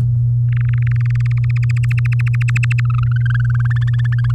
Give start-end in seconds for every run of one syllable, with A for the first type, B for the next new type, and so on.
0.52-1.85 A, 1.90-2.80 B, 2.85-4.32 C